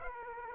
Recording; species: mosquito wingbeat signal from an infrared sensor; Aedes aegypti